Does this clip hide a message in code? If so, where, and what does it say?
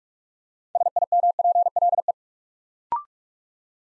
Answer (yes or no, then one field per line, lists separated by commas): yes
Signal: Morse code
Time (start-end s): 0.8-2.1 s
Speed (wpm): 44 wpm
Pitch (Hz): 700 Hz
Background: none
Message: SIMPLE